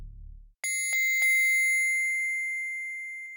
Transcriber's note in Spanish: Sonido metálico, sonido tinitus